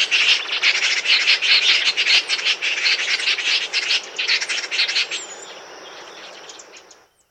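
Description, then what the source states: Band-backed wren delivering rapid, rasping chatter for about five seconds, then fading out, followed by a faint thin high whistle and quiet. South America.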